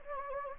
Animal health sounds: mosquito wingbeat signal from an infrared sensor; Anopheles gambiae

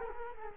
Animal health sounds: mosquito wingbeat signal from an infrared sensor; Culex quinquefasciatus

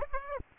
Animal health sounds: mosquito wingbeat signal from an infrared sensor; Aedes aegypti

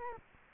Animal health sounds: mosquito wingbeat signal from an infrared sensor; Culex quinquefasciatus

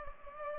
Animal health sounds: mosquito wingbeat signal from an infrared sensor; Culex pipiens

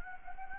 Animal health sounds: mosquito wingbeat signal from an infrared sensor; Anopheles gambiae

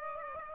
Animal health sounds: mosquito wingbeat signal from an infrared sensor; Aedes aegypti

